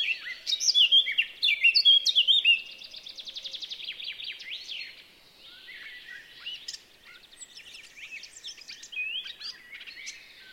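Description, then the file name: Eurasian blackcap song: loud fluty, whistled warbling phrases for about two and a half seconds, then softer rapid scratchy chattering notes continuing to the end. "Sylvia atricapilla"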